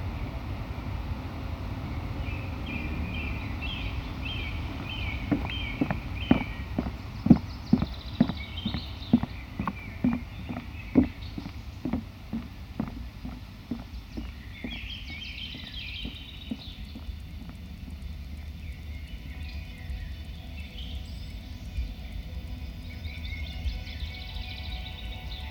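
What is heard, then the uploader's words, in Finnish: In a forest, regular clip-clopping hooves sound from about five to seventeen seconds over a low rumble, with birds chirping intermittently. Helsingin reitit - Keskusmetsä. Kenttä-äänittämiselle korona-aika tarjosi lentomeluttoman ympäristön. Binauraalisilla tekniikoilla äänitetty Keskusmetsä-teos.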